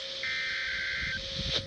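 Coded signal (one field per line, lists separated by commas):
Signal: Emergency Alert System (SAME) tones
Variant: header bursts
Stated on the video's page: Four real National Weather Service required weekly tests, each from a station in a different forecast office.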